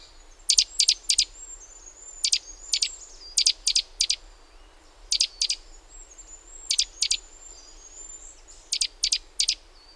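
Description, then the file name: Great tit giving sharp metallic calls in quick groups of two or three, repeated every one to two seconds over steady hiss, with a thin high whistle drawn out between groups. "Parus major"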